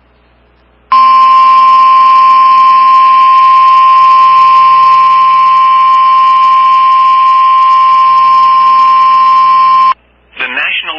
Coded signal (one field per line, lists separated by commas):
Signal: Emergency Alert System (SAME) tones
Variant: 1050 Hz attention tone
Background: speech